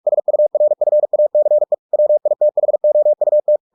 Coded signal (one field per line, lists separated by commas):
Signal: Morse code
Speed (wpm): 46 wpm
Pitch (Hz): 600 Hz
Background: none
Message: SURFACE WITHOUT